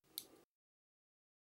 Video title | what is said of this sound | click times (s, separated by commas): Necchi Supernova Automatica Vintage Sewing Machine | the thread is pulled under the tension spring until you hear it click into place | 0.2 s